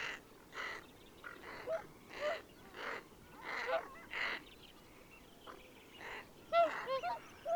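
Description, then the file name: Greater Scaup with a run of rough, grating calls, then several short, bright, tonal notes near the end, over faint background noise. "Bergand"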